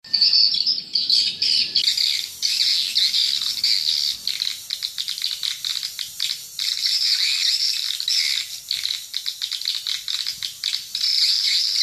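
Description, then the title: Swiftlet calls, high twittering chirps in a loud, dense chorus throughout. "Suara Burung Wallet"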